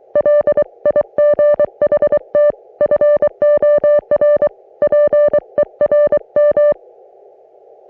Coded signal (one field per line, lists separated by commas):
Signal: Morse code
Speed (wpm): 23 wpm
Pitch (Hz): 590 Hz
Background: music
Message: LIGHT FOR PERM